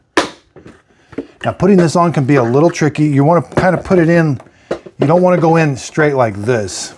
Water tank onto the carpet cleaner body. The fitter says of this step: put it back on latch